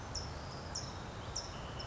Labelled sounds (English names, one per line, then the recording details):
California Towhee
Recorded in Sonoma County, California